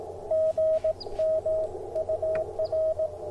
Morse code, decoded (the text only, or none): GM UR